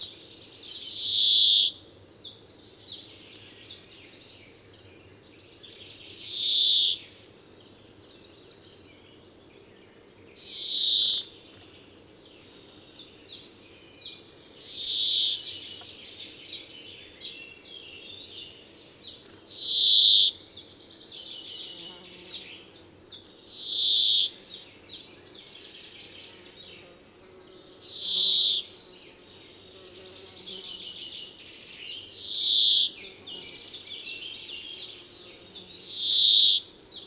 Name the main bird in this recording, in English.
Brambling